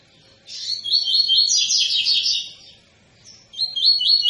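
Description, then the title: Double-collared seedeater singing a rapid, buzzy warbled phrase of stacked trills for two seconds, a brief pause, then another quick trilled phrase begins. Tui-tui style song of a spirited ('fibra') bird, used as a teaching song for young birds. "COLEIRO TUI TUI FIBRA CANTO PROFESSOR"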